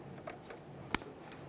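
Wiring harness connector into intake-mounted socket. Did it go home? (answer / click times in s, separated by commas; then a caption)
yes / 1.0 s. An electrical wiring harness connector for an intake VVT solenoid on a 2015-2020 Ford F-150 3.5L V6 is lined up and pressed into its intake-mounted plastic socket. A few faint ticks at 0.3, 0.5 and 1.3 s surround one sharp, bright click at 1.0 s as the connector clicks in and seats.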